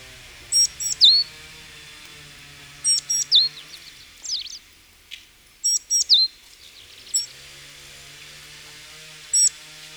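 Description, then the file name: Great tit calling repeatedly with high clipped ticks followed by downslurred notes, a few varied squeaky notes in the middle, and a low hum in the background at times. "Parus major"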